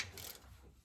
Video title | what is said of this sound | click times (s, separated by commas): How to do a rear differential service on a RAM 3500 #001 | all right so click click you heard it | 0.2 s